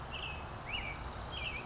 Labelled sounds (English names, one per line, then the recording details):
Western Tanager
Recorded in Sonoma County, California